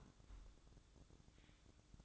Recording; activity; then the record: daily activity, microphone in the room; close fridge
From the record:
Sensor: 3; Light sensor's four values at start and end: 12/29/12/12 and 12/29/12/12